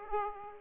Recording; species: mosquito wingbeat signal from an infrared sensor; Aedes aegypti